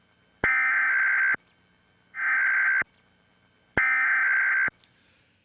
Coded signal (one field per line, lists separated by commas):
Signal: Emergency Alert System (SAME) tones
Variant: header bursts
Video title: Obama Launches Total Takeover of Media- Emergency Alert System